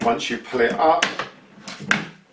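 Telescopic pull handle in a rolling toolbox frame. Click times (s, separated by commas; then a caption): 1.9 s. Someone talks as the telescopic pull-out handle of a Stanley Mobile Work Center plastic rolling toolbox is pulled up in its frame. At 1.9 s a sharp snap is heard as the side catches lock out, holding the handle seated in its extended position.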